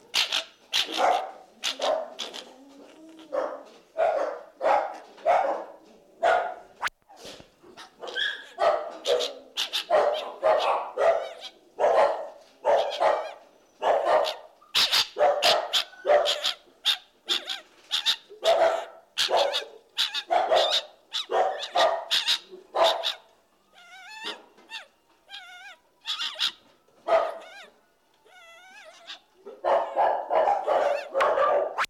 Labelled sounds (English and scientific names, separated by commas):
Golden Jackal (Canis aureus) howling